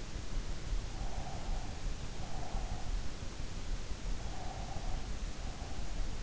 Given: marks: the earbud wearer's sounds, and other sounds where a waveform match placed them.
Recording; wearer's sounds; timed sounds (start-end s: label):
sounds in sleep by an in-ear microphone; breath
0.61-2.87 s: breath
4.17-6.23 s: breath